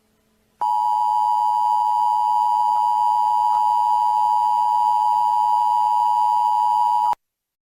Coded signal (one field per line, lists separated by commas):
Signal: Emergency Alert System (SAME) tones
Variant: 853 and 960 Hz attention tone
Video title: Viracraft EAS Warning 4/28/1989